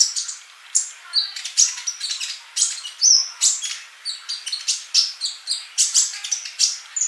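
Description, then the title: Bird song, dense and continuous, packed with high chirps, buzzy notes and quick whistled flourishes, barely pausing throughout. "Kicau Burung"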